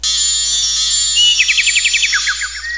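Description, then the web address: Bird calls: a high twittering chatter, then a rapid series of short descending chirps, ending with a thinner whistled note. "Boxing. birds"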